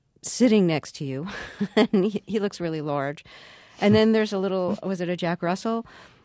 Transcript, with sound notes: sitting next to you.
(Soundbite of laughter)
And he looks really large. And then there's a little - was it a Jack Russell?